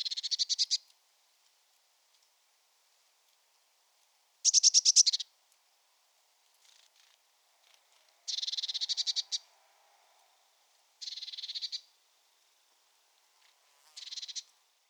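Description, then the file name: Eurasian blue tit giving harsh, buzzy churring bursts, each a second or less, repeated at uneven intervals of a few seconds in otherwise quiet surroundings. "Cyanistes caeruleus"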